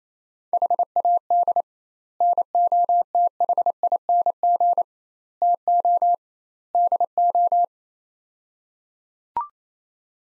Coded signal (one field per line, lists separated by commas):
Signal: Morse code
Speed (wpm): 28 wpm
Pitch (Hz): 700 Hz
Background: none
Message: HAD NOTHING TO DO